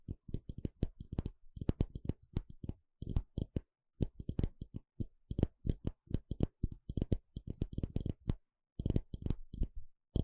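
Eardrum-tingling scratching and tapping: quick, sharp taps and clicky scrapes come in dense runs, several per second, with short gaps near 2.5, 4 and 8.5 seconds. Each tap has a dull thump underneath and a bright, crisp, papery edge on top.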